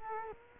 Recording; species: mosquito wingbeat signal from an infrared sensor; Culex quinquefasciatus